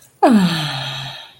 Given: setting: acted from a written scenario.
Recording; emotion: vocal sound without words; neutral